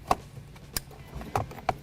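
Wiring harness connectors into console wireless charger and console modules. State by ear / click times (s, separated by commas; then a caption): seated / 0.1 s, 0.8 s, 1.4 s, 1.7 s. Wiring harness plugs, including a newly added wireless charger plug, are pushed back into their plastic connectors on the console wireless charger and console modules of a 2024 Ford Mustang. Four sharp clicks sound at 0.1, 0.8, 1.4 and 1.7 seconds over a low background hum, with fainter ticks in between. The connectors seat and the plugs are confirmed connected.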